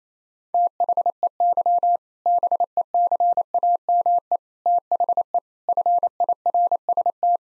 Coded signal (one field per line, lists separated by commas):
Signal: Morse code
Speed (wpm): 28 wpm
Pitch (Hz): 700 Hz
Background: none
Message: THEY BECAME THE FIRST